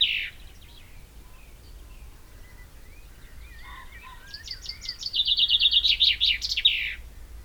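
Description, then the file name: Common chaffinch song: one full phrase of quick repeated notes ending in a flourish, after soft twittering and the tail of an earlier phrase. "Fringilla coelebs"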